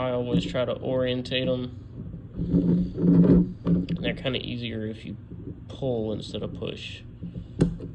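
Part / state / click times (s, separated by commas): odometer number wheel on its shaft in the odometer assembly / seated / 7.6 s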